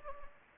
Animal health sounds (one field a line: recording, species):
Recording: mosquito wingbeat signal from an infrared sensor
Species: Anopheles gambiae